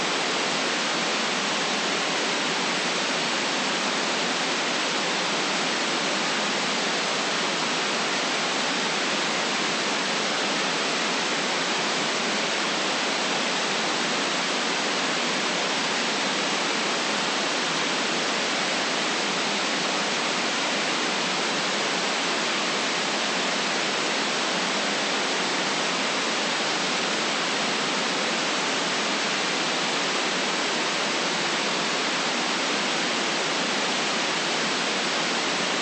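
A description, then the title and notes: White noise runs without change for the whole stretch, a dense, even hiss with no events or pauses. It sits bright and airy, cutting off cleanly at the very top and thinning out in the deep lows, at a steady level throughout. Relaxing White Noise.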